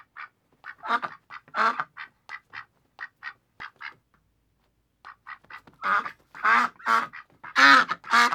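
Ducks quacking, a run of short nasal quacks, then a pause of about a second and louder, harsher overlapping quacks from several birds.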